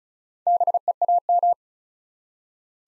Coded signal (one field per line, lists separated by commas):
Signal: Morse code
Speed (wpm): 36 wpm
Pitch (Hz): 700 Hz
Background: none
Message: BEAM